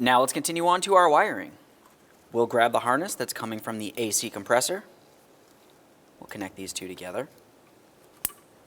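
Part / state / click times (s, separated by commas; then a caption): AC compressor wiring harness connector into mating harness connector / seated / 8.2 s. Someone talks while the wiring harness from the AC compressor on a 2006-2011 Honda Civic is pressed into its mating plastic harness connector. After a quiet pause, one sharp, loud click sounds at 8.3 s as the two halves join, and the connector is seated.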